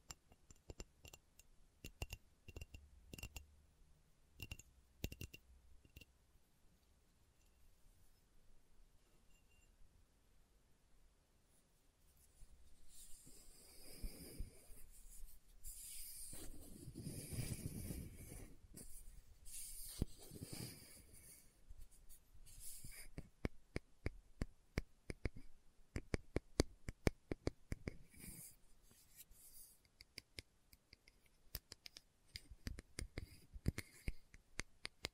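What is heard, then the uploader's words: Slow tapping in scattered crisp clicks, with a louder rustling, scraping stretch from about 13 to 23 seconds before sparse taps resume. ASMR Slow Tapping for Deep Sleep (No Talking).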